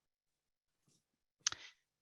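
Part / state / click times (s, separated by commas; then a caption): braille slate closing onto paper over its holding pins / seated / 1.5 s. A hinged braille slate is closed over a sheet of paper, and the four holding pins in its corners, two on the top and two on the bottom, punch holes through the paper. After a faint rustle near 0.9 s, two sharp pops land close together at 1.5 s and 1.5 s, followed by a brief rattling tail. The slate is seated shut on the paper.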